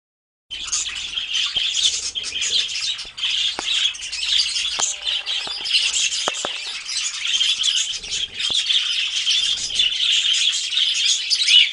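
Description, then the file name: Many Budgerigar chattering together, constant high twittering and squeaks after a brief silent start, with scattered clicks and faint low knocks. A flock of parakeets calling together. "suara parkit rombongan. omkicau"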